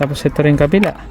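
Someone talks while handling the second spring clip on the other side of the plastic air filter housing lid on the airbox of a 2017 Mitsubishi Montero GLS, after fitting a new air filter. Nothing has seated or clicked yet; the clip has not snapped shut.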